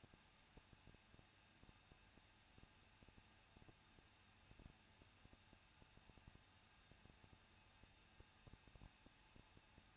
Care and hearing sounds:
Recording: daily activity, microphone in the room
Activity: no activity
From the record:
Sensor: 2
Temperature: 21.0 degrees Celsius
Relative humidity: 37.3%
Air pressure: 1006.2 hPa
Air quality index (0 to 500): 221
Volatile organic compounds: 23 ppm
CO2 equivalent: 2796 ppm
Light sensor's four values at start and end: 2/3/2/2 and 2/3/2/2

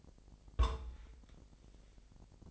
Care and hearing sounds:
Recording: daily activity, microphone in the room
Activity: place on stove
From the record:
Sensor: 5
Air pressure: 999.5 hPa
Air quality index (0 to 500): 221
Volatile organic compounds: 20 ppm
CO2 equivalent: 2703 ppm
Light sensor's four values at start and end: 30/69/28/28 and 30/68/28/28

